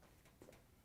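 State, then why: Not seated. The sheet-metal front panel of a Maytag dryer, during a W10410997 drive motor replacement (fits Whirlpool/KitchenAid), is handled after being set on the two bottom brackets, ready to rotate up so its clips snap into the holes in the frame. Over a low steady background, there are faint brief handling sounds around 0.4 to 0.55 seconds. Nothing has seated or clicked yet.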